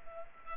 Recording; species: mosquito wingbeat signal from an infrared sensor; Culex pipiens